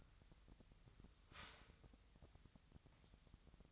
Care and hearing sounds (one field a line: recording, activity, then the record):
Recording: daily activity, microphone in the room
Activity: start toaster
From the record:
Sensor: 3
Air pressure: 1001.9 hPa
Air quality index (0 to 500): 246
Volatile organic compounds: 49 ppm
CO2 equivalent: 3283 ppm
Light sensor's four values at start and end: 14/41/17/15 and 14/41/17/15